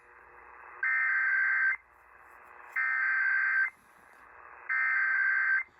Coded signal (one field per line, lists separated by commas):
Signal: Emergency Alert System (SAME) tones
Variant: header bursts